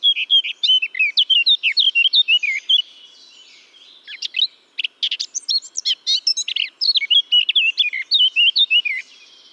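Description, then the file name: Eurasian blackcap singing almost continuously, fast varied warbling and fluty whistles with a brief softer pause midway before the melodious phrases resume. "Sylvia atricapilla"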